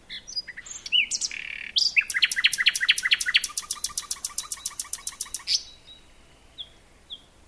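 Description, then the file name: Common nightingale singing a varied phrase leading into a long, rapid volley of repeated chopped notes, followed by a few soft, thin notes. "Luscinia megarhynchos"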